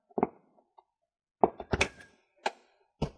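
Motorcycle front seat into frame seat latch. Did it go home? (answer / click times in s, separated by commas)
yes / 1.4 s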